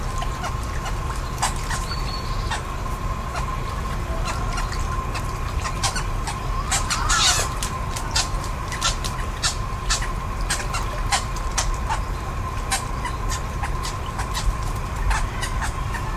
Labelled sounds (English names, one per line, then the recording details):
Glossy Ibis call
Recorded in captivity
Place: Zoo Osnabrück, Niedersachsen, DE
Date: 1991-09-09 12:10
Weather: overcast, 13°C
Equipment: Marantz CP 430, Kopie Tesla B 116
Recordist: Tembrock, Günter
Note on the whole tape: Roter Sichler, am Futter: Kurzlaute